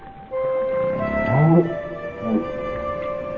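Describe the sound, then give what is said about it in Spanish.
Underwater whale calls: long, steady tonal whines overlapping at different pitches, broken by a louder swooping moan that bends up and down, then a shorter, quieter swoop. “Pero las ballenas no son las únicas parlanchinas bajo el agua.”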